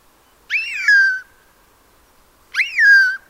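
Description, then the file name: Eurasian jay calls: two loud mewing notes about two seconds apart, each rising briefly then sliding downward into a drawn-out tail. "Garrulus glandarius"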